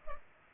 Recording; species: mosquito wingbeat signal from an infrared sensor; Culex pipiens